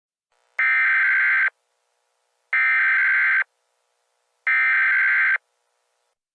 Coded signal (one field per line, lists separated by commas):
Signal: Emergency Alert System (SAME) tones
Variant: header bursts